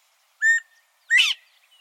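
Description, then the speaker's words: Northern Bobwhite two-note call: a short level whistle, then a sharply rising whistle, with faint chirps after. Call said to be unmistakable and the source of the bird's name; recorded in Texas. "The bobwhite, whose official name is Northern Bobwhite, has an unmistakable call."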